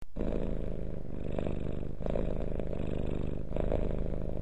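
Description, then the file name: Cat purring: a deep, steady rumbling purr that runs without pause, swelling slightly with each breath. "marco purr"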